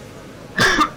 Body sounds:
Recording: coughing mixed with background sound

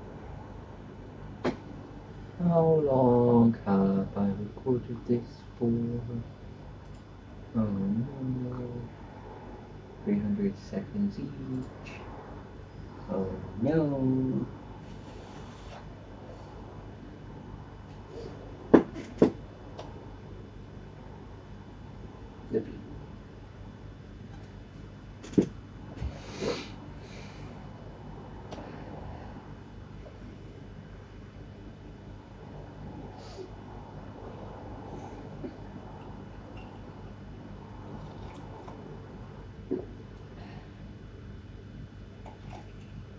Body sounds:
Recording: background sound without coughing

